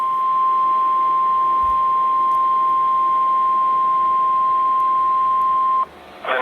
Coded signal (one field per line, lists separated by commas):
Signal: Emergency Alert System (SAME) tones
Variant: 1050 Hz attention tone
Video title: Cleaning Up the Backlog... EAS Alerts From 8/9/2022 to 10/12/2022 (EAS #1359 - 1420)